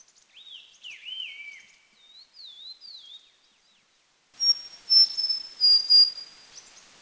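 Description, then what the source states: Large-billed leaf warbler giving clear whistled, slurred notes in short phrases, followed by a hissy stretch with a thin, high, steady whistle. Recorded at Dirang, India.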